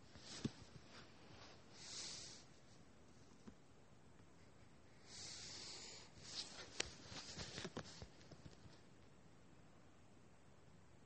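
Drawing and writing on paper, with soft scratchy strokes that swell into two longer hissing sweeps around two and five seconds. Sharp little taps and clicks land irregularly, bunching up between six and eight seconds, over a quiet, steady background hiss.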